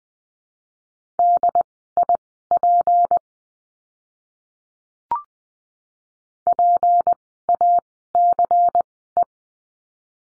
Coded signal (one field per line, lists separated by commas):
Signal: Morse code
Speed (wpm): 20 wpm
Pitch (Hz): 700 Hz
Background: none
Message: DIP PACE